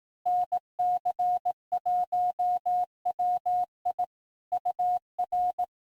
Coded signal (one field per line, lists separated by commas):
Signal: Morse code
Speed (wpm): 18 wpm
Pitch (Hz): 720 Hz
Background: none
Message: NC1WI UR